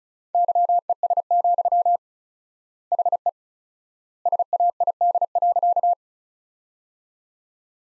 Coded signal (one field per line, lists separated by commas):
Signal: Morse code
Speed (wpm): 36 wpm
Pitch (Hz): 700 Hz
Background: none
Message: YES, HE SAID.